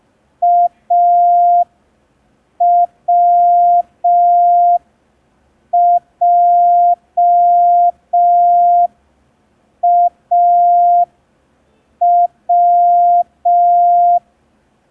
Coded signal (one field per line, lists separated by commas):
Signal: Morse code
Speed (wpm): 5 wpm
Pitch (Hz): 700 Hz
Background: none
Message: AWJAW